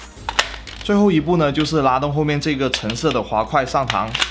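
The shell cylinder of a Nerf Elite DS6 plastic toy foam-dart blaster is pressed firmly back down into the frame after loading the foam-dart shells. A sharp, loud click at 0.4 s shows it snapping shut and latching. Someone then talks.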